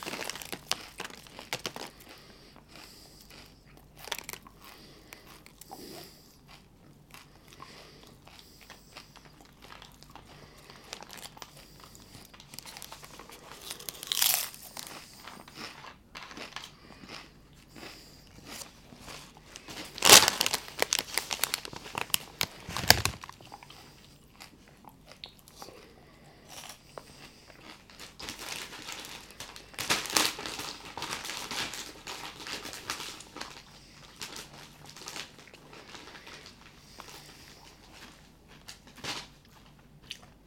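Chips and soda: a busy run of crunching and crinkling bites, dense and irregular across the whole stretch. The loudest crunches land around 14, 20 and 23 seconds, and a bright fizzy texture rises between about 28 and 33 seconds, under a low steady hum.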